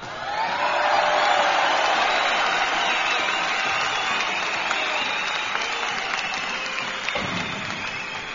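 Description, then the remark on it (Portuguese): Steady applause from a crowd for award winners, a dense wash of clapping that holds at an even loudness for several seconds before gradually thinning toward the end. “Agulha, por favor, bota aquela salva de palmas que eles merecem.”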